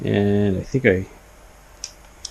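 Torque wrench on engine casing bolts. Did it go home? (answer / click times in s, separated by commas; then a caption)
yes / 1.8 s, 2.2 s. Someone talks for the first second. After a quiet pause, a torque wrench tightening engine casing bolts on a 2009 ZX-10R gives two short, sharp clicks at about 1.8 s and 2.3 s, showing the bolts are torqued down at a very low setting.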